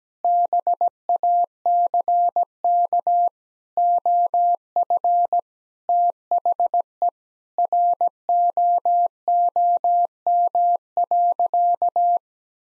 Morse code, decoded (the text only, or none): BACK OF THE ROOM.